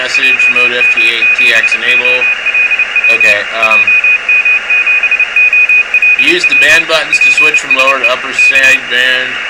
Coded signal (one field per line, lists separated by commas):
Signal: Morse code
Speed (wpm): 30 wpm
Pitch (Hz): 2500 Hz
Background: speech, radio noise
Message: JM7OLW JM7OLW PSE K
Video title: r1cbu software on XIEGU X6100 ham radio! ft8 no pc